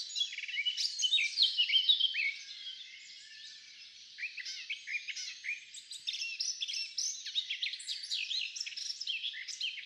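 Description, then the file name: Eurasian blackcap warbling song, a busy jumble of fast chirps and whistles that is loud for two seconds, softens briefly, then resumes steadily to the end. "Sylvia atricapilla"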